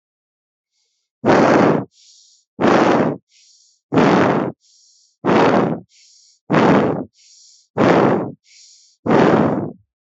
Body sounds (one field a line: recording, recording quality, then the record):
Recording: shallow breathing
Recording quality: excellent, no background noise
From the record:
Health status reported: healthy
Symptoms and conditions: none ticked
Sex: male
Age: 29 years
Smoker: yes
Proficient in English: yes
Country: India